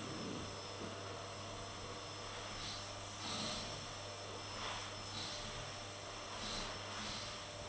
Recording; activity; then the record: daily activity, microphone in the room; vacuum cleaning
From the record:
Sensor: 4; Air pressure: 1000.9 hPa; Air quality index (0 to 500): 138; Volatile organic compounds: 2 ppm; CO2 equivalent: 1024 ppm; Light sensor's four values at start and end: 29/69/29/31 and 29/69/29/31